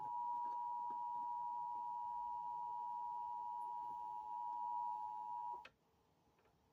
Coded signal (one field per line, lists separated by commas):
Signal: Emergency Alert System (SAME) tones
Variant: 853 and 960 Hz attention tone